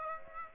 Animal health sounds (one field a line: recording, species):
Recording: mosquito wingbeat signal from an infrared sensor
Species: Aedes aegypti